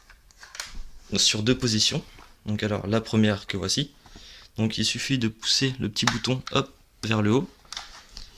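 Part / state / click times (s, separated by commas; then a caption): folding stock into airsoft replica receiver / seated / 7.7 s. Someone talks while the plastic (ABS) folding stock of an H&K MP7 A1 Umarex airsoft replica is pushed out into its receiver. A sharp click is heard at 7.7 s as the latch engages, locking the stock in its first extended position.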